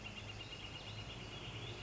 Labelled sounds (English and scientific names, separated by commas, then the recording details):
Northern Flicker (Colaptes auratus)
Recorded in Sonoma County, California